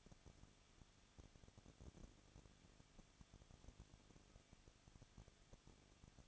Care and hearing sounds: daily activity, microphone in the room; no activity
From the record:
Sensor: 4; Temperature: 23.1 degrees Celsius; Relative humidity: 34.3%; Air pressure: 1007.2 hPa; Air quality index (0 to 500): 212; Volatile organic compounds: 14 ppm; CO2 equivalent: 2452 ppm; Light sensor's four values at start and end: 2/3/1/1 and 2/3/1/1

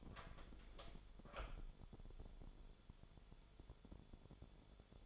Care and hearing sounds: daily activity, microphone in the room; open door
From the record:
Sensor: 5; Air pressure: 1015.3 hPa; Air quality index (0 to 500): 218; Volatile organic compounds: 12 ppm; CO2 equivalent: 2374 ppm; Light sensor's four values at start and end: 35/80/32/31 and 35/80/32/31

